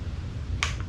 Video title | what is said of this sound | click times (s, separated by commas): Kegging for Beginners | and you'll hear it click in i'm sure you've heard that | 0.6 s